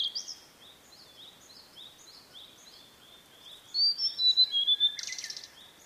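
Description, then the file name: Blue-and-white flycatcher: songbird phrase of quick whistles ending in a harsh buzzy burst, preceded by another bird's evenly repeated short chirps. "oruri"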